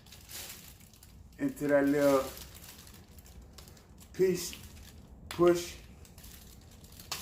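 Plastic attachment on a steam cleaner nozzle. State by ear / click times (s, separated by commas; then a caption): released / 7.1 s. A plastic attachment is pushed and released from a steam cleaner nozzle, popping off with a sharp snap at 7.1 seconds. Before that, someone talks over a quiet background of faint crinkling and small handling noises.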